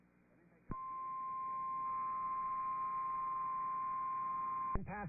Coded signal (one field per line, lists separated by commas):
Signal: Emergency Alert System (SAME) tones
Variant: 1050 Hz attention tone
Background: speech